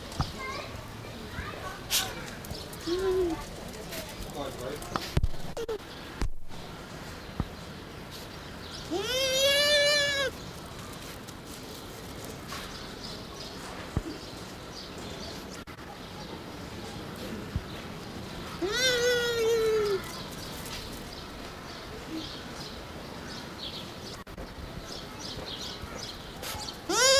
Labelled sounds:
Bush Dog (Speothos venaticus) whimpering

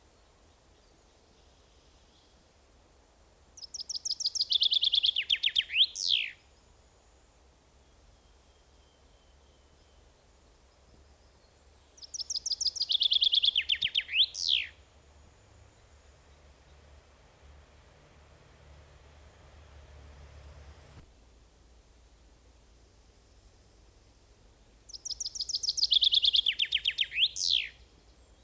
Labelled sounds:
Common Chaffinch (Fringilla coelebs) song

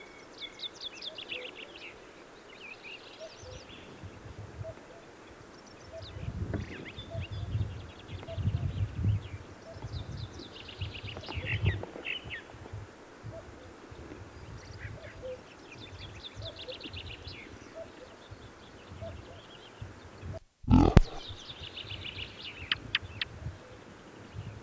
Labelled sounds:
Ring Ouzel (Turdus torquatus) song

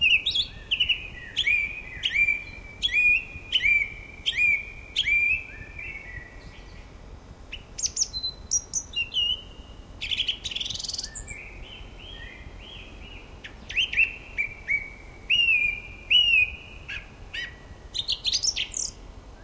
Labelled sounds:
Song Thrush (Turdus philomelos) song

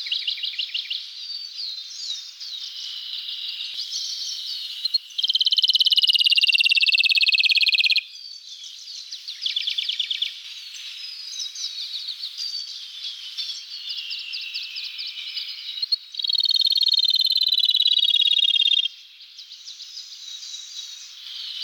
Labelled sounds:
Rufous-tailed Robin (Luscinia sibilans) song

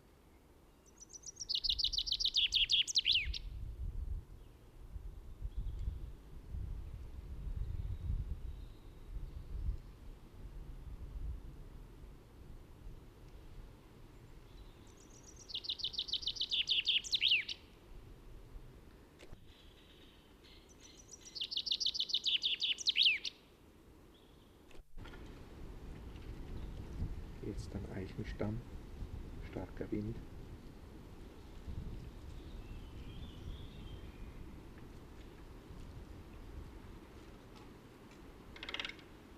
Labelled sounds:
Common Chaffinch (Fringilla coelebs) song

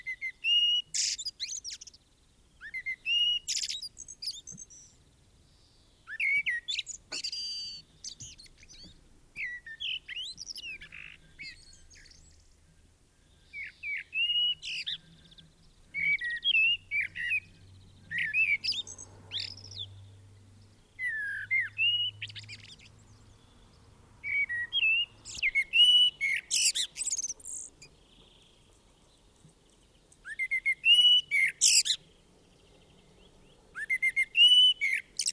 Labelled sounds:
Common Blackbird (Turdus merula) song

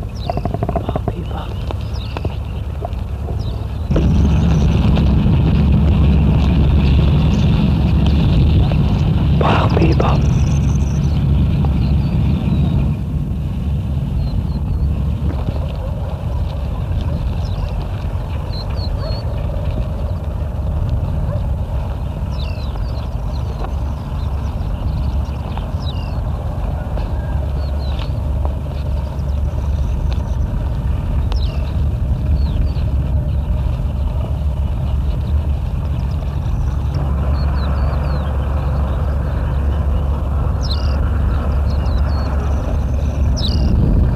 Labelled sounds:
Tawny Pipit (Anthus campestris) song

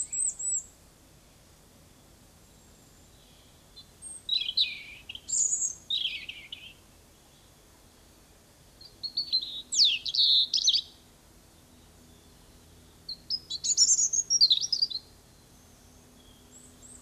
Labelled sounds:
European Robin (Erithacus rubecula) song

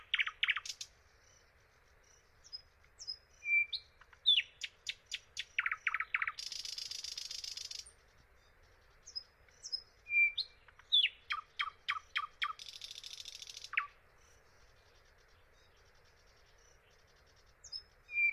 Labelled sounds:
Thrush Nightingale (Luscinia luscinia) song

